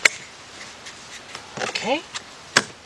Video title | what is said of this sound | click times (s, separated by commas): Ford Explorer Exterior Door Handle Base Reinforcement Replacement 2011-2019 | push that in there and it will clip it will snap right into place | 0.1 s